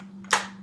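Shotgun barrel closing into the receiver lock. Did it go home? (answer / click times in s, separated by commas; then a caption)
yes / 0.3 s. A break-action single-shot shotgun is closed up after a shell is loaded, its barrel swinging into the receiver lock. A faint tick at 0.2 s leads into a sharp pop at 0.3 s as the action locks fully shut rather than barely closed. A steady low hum runs underneath.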